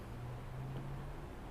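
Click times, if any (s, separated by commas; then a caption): none. An aftermarket plastic trim piece is pushed into the corner of an Evo X car body, its short plastic retaining clips lined up, but the clips fail to click in. Only a steady low hum with broadband noise is heard, and nothing has seated or clicked yet. The piece is held only by the side screws.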